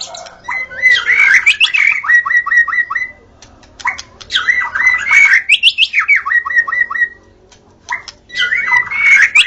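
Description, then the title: White-rumped shama song: rich whistled phrases around a steady mid pitch, broken by brief pauses, with rapid trills and high chirps mixed in. Natural song recorded in forest. "Kicau Asli Murai Batu Hutan"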